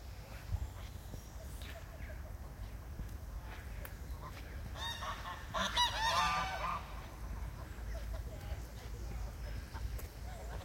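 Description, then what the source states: Goose calls, one loud rasping honk in the middle, with scattered faint notes and constant low rumbling noise throughout. Geese with young, Aberdare Park, 3 July 2020.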